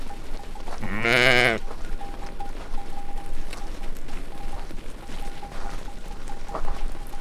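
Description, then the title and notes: Sheep: one loud, wavering bleat shortly after the start, then quieter background sounds. A flock of sheep recorded during their daily grazing, accompanied by their shepherd. "Manuel y a sus ovejas en su pastoreo diario"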